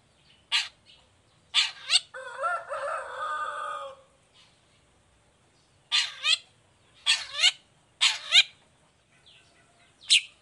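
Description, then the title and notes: Long-tailed shrike giving harsh, grating bursts, a longer rasping phrase, then several paired scratchy notes with quiet gaps between. Morning song of an actively singing long-tailed shrike, clear voice with full variations including the 'toet toet' variation. "Cendet Gacor Dor Di Kala Pagi Toet Toet Variasi Suara. Cendet Gacor Suara Jernih Full Variasi. Burung cendet"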